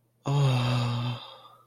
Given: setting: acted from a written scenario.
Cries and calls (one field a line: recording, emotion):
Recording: vocal sound without words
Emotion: romantic love